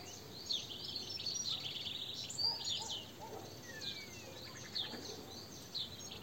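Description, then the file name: European goldfinch calls, a chatter of high tinkling chirps in loose bursts, a few lower notes and brief gliding whistles among them, against constant hiss. "Carduelis carduelis"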